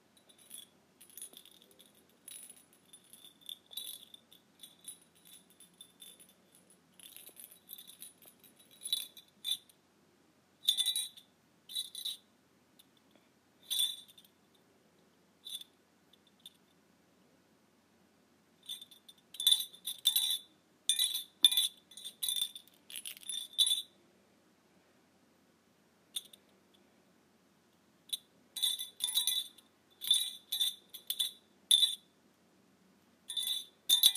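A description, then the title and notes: A tiny bell jingles in bursts of quick, bright, glassy tinkling, stopping and starting throughout. The ringing sits high and thin with no low tone underneath. Busier shaking comes near the start and again from about 19 to 24 seconds and 28 to 33 seconds, with short silent gaps between. ASMR Tiny Bell.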